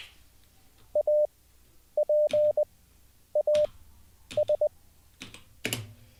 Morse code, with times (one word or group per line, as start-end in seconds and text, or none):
1.0-1.3 A
2.0-2.6 P
3.4-3.7 A
4.4-4.7 S